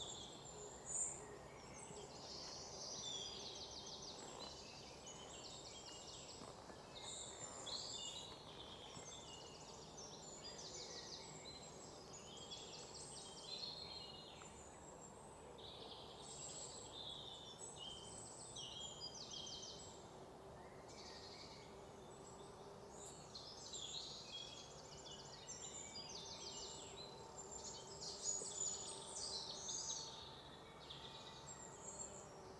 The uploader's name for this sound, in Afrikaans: Tjirp Tjirp